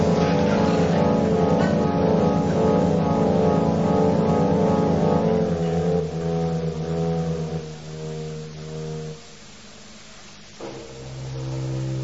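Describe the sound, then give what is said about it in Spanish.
A car drives into swamp water, its engine a loud, steady harmonic drone that drops lower in a few abrupt steps and grows rougher and quieter toward the end. “Caramba, metí el auto en el pantano y me olvidé de salir.”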